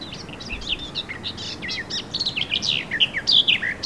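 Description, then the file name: Eurasian blackcap song, starting as a quiet scratchy chatter and swelling into loud, rich fluty whistles with quick up-and-down notes. "Sylvia atricapilla"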